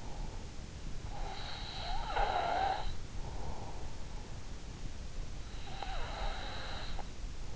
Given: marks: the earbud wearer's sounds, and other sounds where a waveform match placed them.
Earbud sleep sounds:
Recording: sounds in sleep by an in-ear microphone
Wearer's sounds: breath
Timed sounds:
1.05-3.56 s: breath
5.28-7.56 s: breath

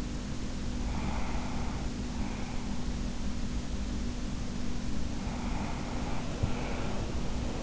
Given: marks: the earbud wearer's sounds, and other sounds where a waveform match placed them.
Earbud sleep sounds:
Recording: sounds in sleep by an in-ear microphone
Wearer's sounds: breath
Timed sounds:
0.81-2.81 s: breath
5.11-7.63 s: breath

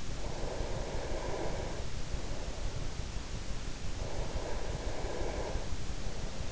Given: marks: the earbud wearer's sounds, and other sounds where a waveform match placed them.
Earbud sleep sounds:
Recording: sounds in sleep by an in-ear microphone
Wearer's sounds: breath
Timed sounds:
0.05-2.75 s: breath
3.85-6.52 s: breath

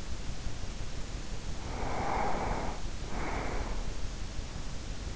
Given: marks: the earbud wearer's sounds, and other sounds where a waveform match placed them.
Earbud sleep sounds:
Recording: sounds in sleep by an in-ear microphone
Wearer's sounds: breath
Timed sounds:
1.48-4.15 s: breath

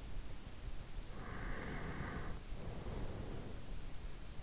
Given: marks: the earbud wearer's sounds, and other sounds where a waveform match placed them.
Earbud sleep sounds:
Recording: sounds in sleep by an in-ear microphone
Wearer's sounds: breath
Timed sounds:
1.13-3.48 s: breath

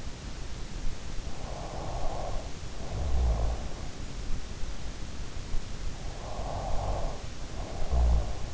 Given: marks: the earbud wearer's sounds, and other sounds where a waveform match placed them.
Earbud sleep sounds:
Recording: sounds in sleep by an in-ear microphone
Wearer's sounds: snoring breath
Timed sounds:
1.13-4.09 s: snoring breath
5.49-8.54 s: snoring breath

